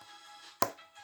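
A plastic brick part is placed in front of the grille of a Lego Ferrari F40 brick car model and pushed until it clips in, with a sharp click at 0.6 s over a faint, steady tonal background. The part is seated.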